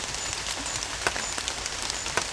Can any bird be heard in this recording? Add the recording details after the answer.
no. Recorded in dense forest near Puerto Asís, Putumayo, Colombia, on 18 December 2024 at 16:00. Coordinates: 0.484, -76.317. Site G026